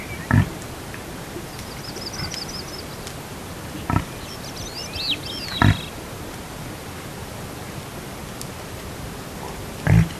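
Reindeer grunting sparsely: a few deep, brief grunts several seconds apart, with soft bird twitters and steady background hiss.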